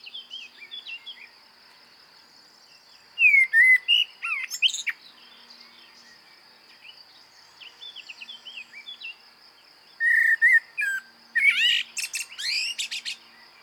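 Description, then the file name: Common blackbird song: two loud flute-like whistled phrases separated by a pause, each ending in strained high squeaks, with quieter warbles between; steady high background tone. "Turdus merula"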